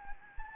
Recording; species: mosquito wingbeat signal from an infrared sensor; Anopheles gambiae